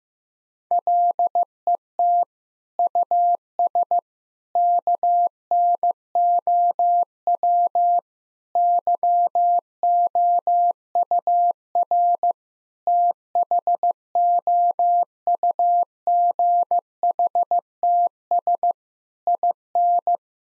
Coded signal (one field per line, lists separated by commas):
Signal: Morse code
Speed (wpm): 16 wpm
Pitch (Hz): 700 Hz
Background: none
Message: LET US KNOW YOUR THOUGHTS IN